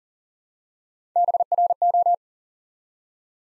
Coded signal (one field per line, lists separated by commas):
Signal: Morse code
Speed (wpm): 40 wpm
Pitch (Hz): 700 Hz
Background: none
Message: BRO